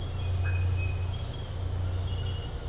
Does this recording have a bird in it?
no